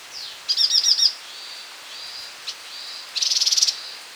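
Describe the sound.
Striated yuhina chatter: two quick high trills of five to ten clipped notes, separated by faint, thin single notes.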